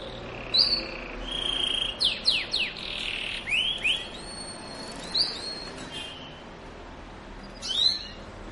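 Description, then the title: Belgian canary singing whistled notes and a quick run of falling chirps, then scattered high calls with short pauses. Belgian canary song played to warm up and stimulate other canaries to sing; mating song. "Canto Para Esquentar Canário Belga. suara kenari kawin"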